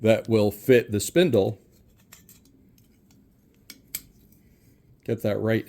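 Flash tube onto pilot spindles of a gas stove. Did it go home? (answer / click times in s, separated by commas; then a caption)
yes / 3.7 s, 3.9 s. Someone talks, then a metal flash tube is pushed onto the pilot spindles under the burner of a vintage Chambers Model A gas stove, with faint scraping before two sharp snaps at 3.7 s and 4.0 s. The flash tube is seated on the spindles, and the talking resumes.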